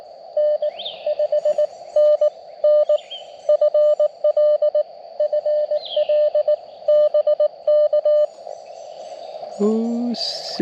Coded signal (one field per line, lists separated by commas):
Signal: Morse code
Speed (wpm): 18 wpm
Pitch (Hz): 590 Hz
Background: speech, radio noise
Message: N 5N N FL FL BK